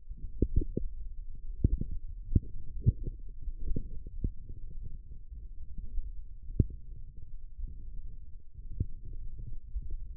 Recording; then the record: forearm muscle sounds (acoustic myography)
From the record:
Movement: forearm supination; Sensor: system 1, eight BSWA MPA416 microphones around the upper forearm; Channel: 3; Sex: male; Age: 18 years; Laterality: right